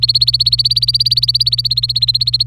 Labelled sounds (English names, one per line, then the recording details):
Domestic Canary song
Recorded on 26 April 2018 at 10:55
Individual llb3